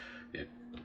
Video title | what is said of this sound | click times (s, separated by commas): Lemax Ludwig's Wooden Nutcracker Factory Repair | popped off so I just pushed it back down that was the click you heard | 0.3 s